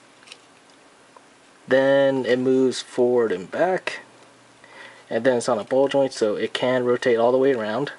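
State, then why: Seated. The plastic torso ball/swivel joint inside the chest of an MG 1/100 00 Raiser model kit is swung all the way to one side until it snaps into a detent, clicking into place with a sharp, quiet click at 0.3 s. Someone then talks from about 1.7 s to the end.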